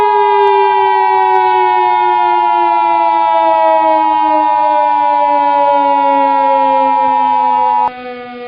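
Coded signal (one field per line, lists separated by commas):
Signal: Emergency Alert System (SAME) tones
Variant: 853 and 960 Hz attention tone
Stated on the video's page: Fictional EAS scenario.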